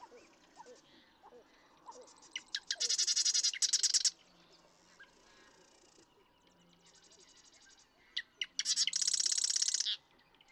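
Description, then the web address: Marsh Wren song: a few ticking notes lead into a loud, dry, buzzy rattle about a second long, heard twice, with fainter trills and low background calls between. "birdsongforthecurious Marsh Wren"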